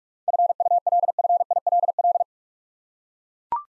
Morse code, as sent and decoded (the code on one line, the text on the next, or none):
..-. ..- .-.. ..-. .. .-.. .-..
FULFILL